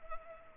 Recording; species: mosquito wingbeat signal from an infrared sensor; Culex pipiens